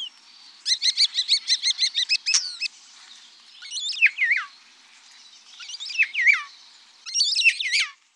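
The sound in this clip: Common starling song: a fast rhythmic rattle of repeated notes, followed by twisting, falling whistled phrases.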